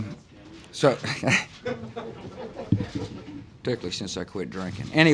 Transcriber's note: laughter